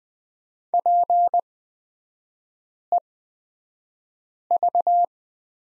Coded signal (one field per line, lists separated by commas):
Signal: Morse code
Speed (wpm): 20 wpm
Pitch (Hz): 700 Hz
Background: none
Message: PEV